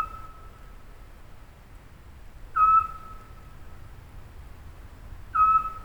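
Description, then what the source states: Eurasian scops owl repeating a short monotone whistle, each note brief and steady, heard about three times at roughly three-second intervals in a quiet setting. Recorded at Pfaffenhofen on 19 June 2015.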